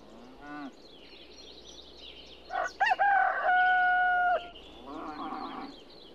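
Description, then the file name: Rooster crowing: one loud, drawn-out crow ending in a long, steady held note, with fainter calls before and after and small birds chirping faintly behind. Village recording with birds in the background. "derevnya petuhi i korovi na fone ptici"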